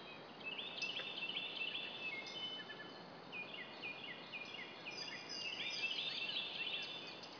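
Bird twitters in a continuous high chatter of overlapping notes, over steady hissing background noise.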